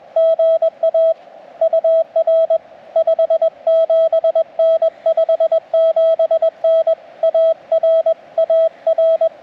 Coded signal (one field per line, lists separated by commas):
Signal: Morse code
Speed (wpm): 21 wpm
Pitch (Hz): 590 Hz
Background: radio noise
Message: GA UR 57N 57N AR AR